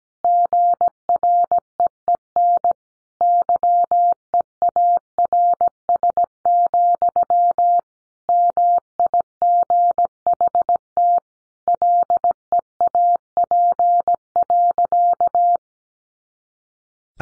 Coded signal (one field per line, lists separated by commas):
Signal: Morse code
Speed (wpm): 17 wpm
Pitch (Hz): 700 Hz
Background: none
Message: GREEN YEARS, MIGHT LEAP.